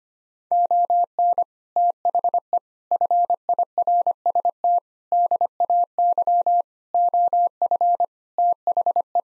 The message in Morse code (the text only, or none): ON THE FIRST DAY OF THE